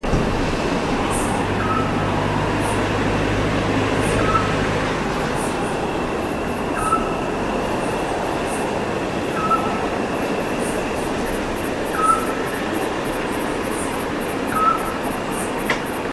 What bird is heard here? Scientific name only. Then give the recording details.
Otus scops. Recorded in the wild. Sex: male. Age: adult. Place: Tiuccia, Corsica, FR. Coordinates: 42.0703, 8.73083. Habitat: urban place. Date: 2011-07-18 23:46. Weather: 20°C, clear, almost windless. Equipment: Fostex FR2-LE, Sennheiser ME66, Popschutz. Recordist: Frommolt, Karl-Heinz. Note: Campingplatz U Sommalu: Rufe einer Zwergohreule